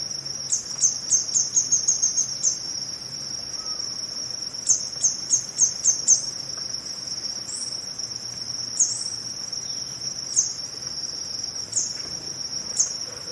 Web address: Natures Songs S America Eastern Lowlands. Epinecrophylla ornata, song male